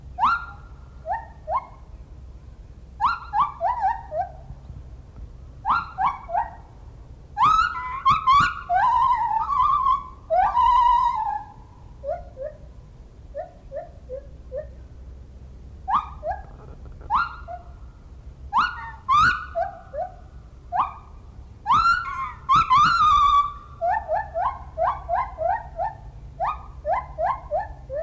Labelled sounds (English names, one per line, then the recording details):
Lar Gibbon
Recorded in captivity
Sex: male
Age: adult
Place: Zoo Rostock, Mecklenburg-Vorpommern, DE
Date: 1975-12-05 10:30
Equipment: Uher CR 210, Verstärker, Sennheiser MD 421, Kopie Unitra ZK 246
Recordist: Tembrock, Günter